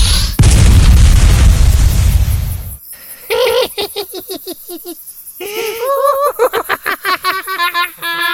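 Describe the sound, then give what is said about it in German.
A magical fireball explosion, hurled at a ghost among dark green conifers as dusk falls, erupts with a loud, rumbling roar that sustains for about two and a half seconds before cutting off abruptly. A voice then speaks in quick, animated bursts. “Reicht dir der Feuerball nicht?”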